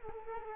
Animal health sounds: mosquito wingbeat signal from an infrared sensor; Culex quinquefasciatus

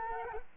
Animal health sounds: mosquito wingbeat signal from an infrared sensor; Culex quinquefasciatus

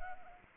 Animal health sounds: mosquito wingbeat signal from an infrared sensor; Anopheles arabiensis

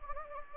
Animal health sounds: mosquito wingbeat signal from an infrared sensor; Anopheles gambiae

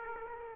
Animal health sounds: mosquito wingbeat signal from an infrared sensor; Aedes aegypti

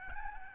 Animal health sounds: mosquito wingbeat signal from an infrared sensor; Aedes albopictus

